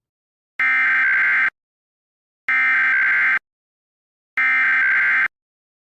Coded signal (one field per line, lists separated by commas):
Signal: Emergency Alert System (SAME) tones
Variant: header bursts